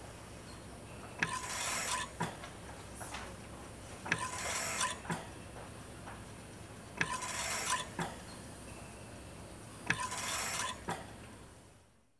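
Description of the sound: A mechanical ventilator in a hospital: regular breath cycles at about 21 per minute. Each cycle brings a roughly one-second rushing hiss with a steady mid-pitched tone and a mechanical click at its start and end. Quieter steady background noise fills the pauses between cycles.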